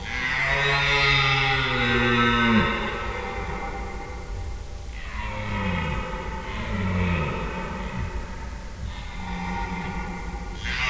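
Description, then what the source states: Red deer stag gives a long deep bellow, then several shorter grunting roars. Red deer stags calling overnight during the rut in Schönbuch near Tübingen, Germany, September 2023.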